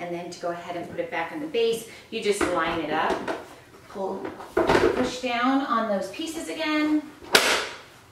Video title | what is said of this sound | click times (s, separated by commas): Boon Grub High Chair Review | it snaps back into place so there you go that is the table height with the grub so if | 7.3 s